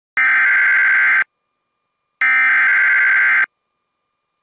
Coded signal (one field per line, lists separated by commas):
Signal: Emergency Alert System (SAME) tones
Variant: header bursts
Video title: EAS Severe Thunderstorm Warning On WJON 10/7/20 5:14 PM (17:14)